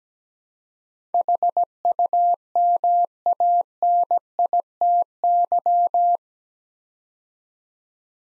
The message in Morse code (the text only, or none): HUMANITY